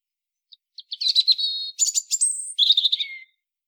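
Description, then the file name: European robin singing: a few soft ticks, then a quick, varied phrase of high, thin, warbling notes with trills and a sliding whistle at the end. "Erithacus rubecula"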